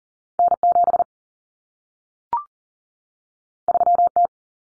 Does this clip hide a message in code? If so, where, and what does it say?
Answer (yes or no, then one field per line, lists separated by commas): yes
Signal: Morse code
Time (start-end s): 0.4-4.3 s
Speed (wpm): 40 wpm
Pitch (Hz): 700 Hz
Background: none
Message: N7 3T